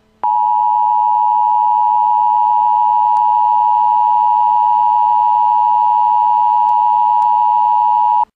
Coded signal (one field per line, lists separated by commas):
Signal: Emergency Alert System (SAME) tones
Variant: 853 and 960 Hz attention tone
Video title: An Emergency Alert System Required Monthly Test